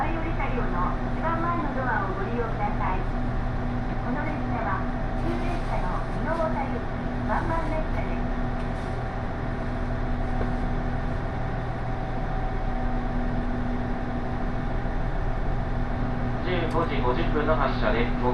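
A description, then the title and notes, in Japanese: A local train on the Takayama Main Line runs between Jero and Shimo-Yui, with a steady low engine drone and a constant hum that stays level throughout. Voices come and go over it, clearest near the start, around the middle, and again at the end. 高山本線普通 上呂→下油井。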